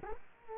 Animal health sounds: mosquito wingbeat signal from an infrared sensor; Culex quinquefasciatus

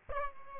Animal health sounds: mosquito wingbeat signal from an infrared sensor; Aedes albopictus

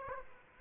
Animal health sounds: mosquito wingbeat signal from an infrared sensor; Aedes aegypti

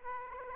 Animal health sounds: mosquito wingbeat signal from an infrared sensor; Aedes aegypti

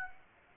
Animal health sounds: mosquito wingbeat signal from an infrared sensor; Aedes aegypti

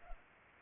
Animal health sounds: mosquito wingbeat signal from an infrared sensor; Culex pipiens

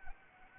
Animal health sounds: mosquito wingbeat signal from an infrared sensor; Anopheles arabiensis

